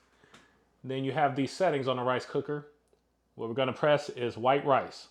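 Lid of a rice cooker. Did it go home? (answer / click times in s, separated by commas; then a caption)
yes / 0.3 s. The hinged plastic lid of a rice cooker filled with rice and water is closed and clicks shut, a single short, sharp hit at 0.3 s. Afterward, someone talks.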